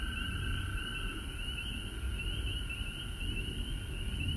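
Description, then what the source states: Frogs calling in a steady chorus, two unbroken trilling bands at different pitches running throughout, over low rumbling background noise. Frogs recorded at home in Georgia on March 19, 2020.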